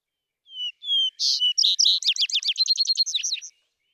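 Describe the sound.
Vesper sparrow song opening with two soft slurred whistles, followed by a bright burst and a series of rapid chirping trills. Quiet background.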